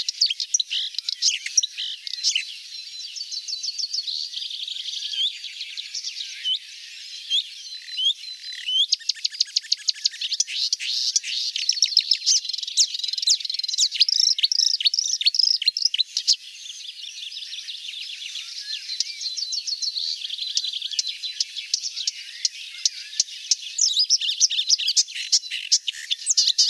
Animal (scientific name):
Acrocephalus palustris